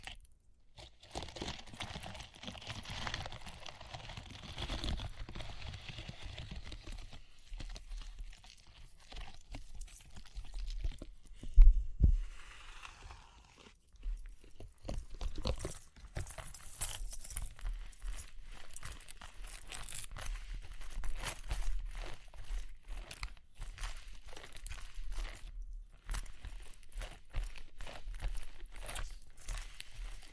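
Dense, crackly tapping and scratching, as in ear cleaning, runs through the whole clip as quick irregular ticks, with light jingling mixed in. The sound is fairly steady. A louder thump near 12 seconds is followed by a brief hush around 14 seconds.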